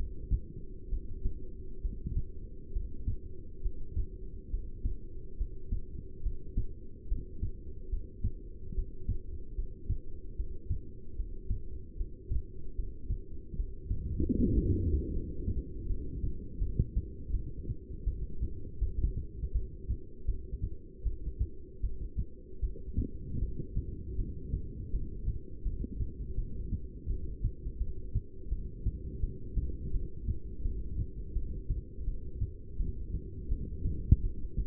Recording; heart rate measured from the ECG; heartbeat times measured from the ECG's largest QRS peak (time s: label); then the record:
heart sounds by stethoscope; 77 bpm
0.90 s: heartbeat
1.82 s: heartbeat
2.73 s: heartbeat
3.62 s: heartbeat
4.51 s: heartbeat
5.38 s: heartbeat
6.23 s: heartbeat
7.08 s: heartbeat
7.90 s: heartbeat
8.75 s: heartbeat
9.56 s: heartbeat
10.37 s: heartbeat
11.16 s: heartbeat
11.97 s: heartbeat
12.76 s: heartbeat
13.57 s: heartbeat
14.36 s: heartbeat
15.13 s: heartbeat
15.88 s: heartbeat
16.60 s: heartbeat
17.32 s: heartbeat
18.05 s: heartbeat
18.80 s: heartbeat
19.53 s: heartbeat
20.27 s: heartbeat
21.05 s: heartbeat
21.82 s: heartbeat
22.62 s: heartbeat
23.41 s: heartbeat
24.17 s: heartbeat
24.92 s: heartbeat
25.64 s: heartbeat
26.37 s: heartbeat
27.08 s: heartbeat
27.80 s: heartbeat
28.51 s: heartbeat
29.22 s: heartbeat
29.93 s: heartbeat
30.64 s: heartbeat
31.35 s: heartbeat
32.06 s: heartbeat
32.78 s: heartbeat
33.50 s: heartbeat
34.23 s: heartbeat
From the record:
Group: heart failure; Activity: breath hold 0-13 s, rest 13-35 s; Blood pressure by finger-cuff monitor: 167/119 mmHg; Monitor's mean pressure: 137 mmHg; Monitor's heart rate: 75 bpm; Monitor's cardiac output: 6.4 L/min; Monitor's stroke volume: 91 mL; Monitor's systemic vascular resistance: 1540 dyn s/cm5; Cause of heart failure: non-ischemic cardiomyopathy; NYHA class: 1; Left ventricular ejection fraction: 62%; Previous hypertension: present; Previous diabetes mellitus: present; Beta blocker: bisoprolol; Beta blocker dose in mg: 10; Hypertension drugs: sacubitril-valsartan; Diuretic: furosemide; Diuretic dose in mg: 20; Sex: male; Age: 49 years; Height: 167 cm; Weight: 110 kg